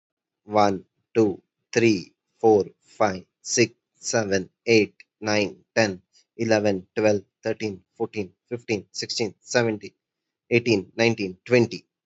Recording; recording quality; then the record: counting at a normal pace; excellent, no background noise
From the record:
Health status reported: healthy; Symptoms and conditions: none ticked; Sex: male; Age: 30 years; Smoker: yes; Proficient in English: yes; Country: India